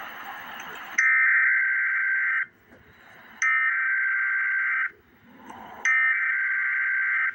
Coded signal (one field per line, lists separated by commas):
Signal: Emergency Alert System (SAME) tones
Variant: header bursts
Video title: Emergency Alert System - Special Weather Statement - Dec 31, 2025 at 7:56 PM EST